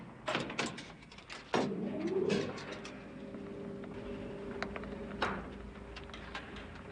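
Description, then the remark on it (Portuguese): A faulty elevator door clatters open with a few sharp knocks and rattles, then a steady mechanical whine hums for a couple of seconds before another loud clunk as it shuts. No one speaks. “Eles têm que consertar a porta.”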